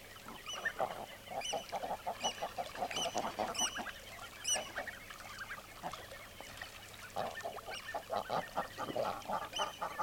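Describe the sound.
Common eiders giving low nasal honks and coos in bursts, with high, sharp, ringing calls repeated over them.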